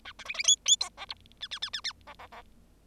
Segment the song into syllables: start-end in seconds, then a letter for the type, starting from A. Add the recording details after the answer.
0.05-0.12 A, 0.19-0.24 B, 0.25-0.34 C, 0.34-0.43 C, 0.44-0.56 D, 0.65-0.76 D, 0.80-0.89 E, 0.97-1.06 F, 1.09-1.14 G, 1.41-1.47 H, 1.51-1.59 H, 1.62-1.69 H, 1.73-1.80 H, 1.84-1.92 H, 2.06-2.14 F, 2.19-2.27 F, 2.31-2.42 F. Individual Bird0